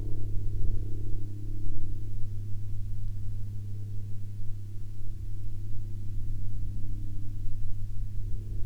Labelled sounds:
aircraft

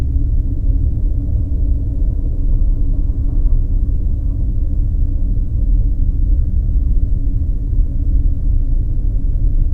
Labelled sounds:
machinery, flare stack

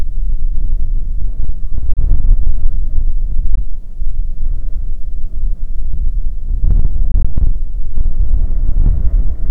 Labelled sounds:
bird, wind

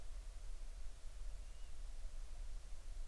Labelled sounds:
bird

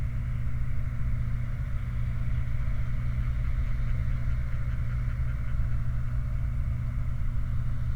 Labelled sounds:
waterfowl, truck

